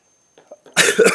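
Faint breaths, then one abrupt harsh cough with two quick bursts, from an adult with a head cold.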